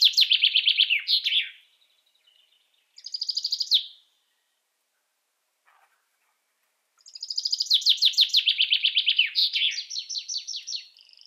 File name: common chaffinch song